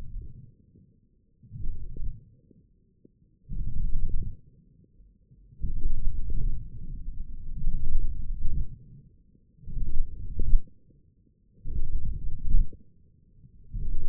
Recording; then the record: forearm muscle sounds (acoustic myography)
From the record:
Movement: wrist flexion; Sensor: system 1, eight BSWA MPA416 microphones around the upper forearm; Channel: 5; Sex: male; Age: 20 years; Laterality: left